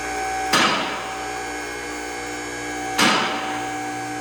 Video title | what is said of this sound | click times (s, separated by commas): Volvo 850 T-5R Lift Off & Shop Electrical Upgrades | you'll hear the locks clicking. It's got automatic lock. | 0.5 s